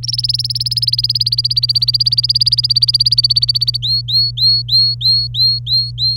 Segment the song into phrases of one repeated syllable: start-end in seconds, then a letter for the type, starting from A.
0.03-3.77 A, 3.82-6.17 B